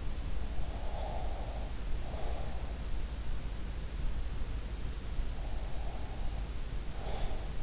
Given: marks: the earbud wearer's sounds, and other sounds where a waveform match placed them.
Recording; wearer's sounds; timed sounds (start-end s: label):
sounds in sleep by an in-ear microphone; breath
0.72-2.73 s: breath
5.42-7.63 s: breath